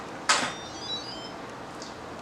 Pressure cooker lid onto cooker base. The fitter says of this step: When you hear the click, then you will know that it's sealing.